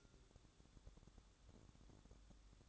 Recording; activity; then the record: daily activity, microphone in the room; light on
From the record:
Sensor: 3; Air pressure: 1007.8 hPa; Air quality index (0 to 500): 94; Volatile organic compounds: 1 ppm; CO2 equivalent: 789 ppm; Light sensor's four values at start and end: 11/26/11/11 and 17/45/19/17